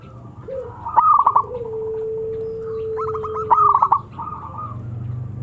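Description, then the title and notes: Zebra dove cooing song: two bursts of rapid staccato notes about two and a half seconds apart, with a long, low, steady whistled tone and soft hum beneath. Long-duration lure recording of an actively singing zebra dove (perkutut). "Pancingan Perkutut Durasi Panjang. Suara Burung Perkutut Gacor"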